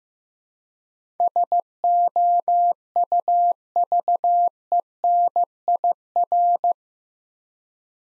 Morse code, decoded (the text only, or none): SOUVENIR